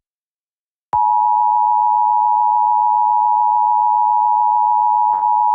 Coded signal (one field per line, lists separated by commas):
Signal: Emergency Alert System (SAME) tones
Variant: 853 and 960 Hz attention tone